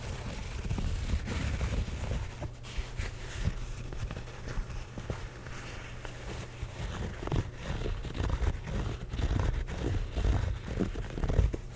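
Close, continuous scratching on a hat, with dense, irregular rasping strokes running through the whole twelve seconds. A heavy, muffled low rumble sits underneath, like rubbing right against the microphone, and the strokes grow slightly sharper and louder toward the end.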